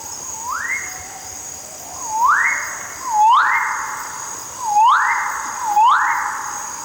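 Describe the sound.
Bird-of-paradise song: loud upward-sweeping whistles that rise and then hold a level tone, repeated several times over a constant high hiss.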